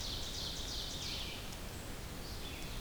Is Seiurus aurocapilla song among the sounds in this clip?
yes